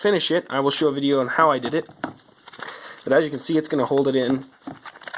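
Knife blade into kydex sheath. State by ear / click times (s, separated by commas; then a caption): not seated / none. Someone talks while handling a knife and its freshly molded, unfinished safety orange kydex sheath, with a few faint short taps and crackles in the pauses. The knife has not clicked into the sheath yet; nothing has seated.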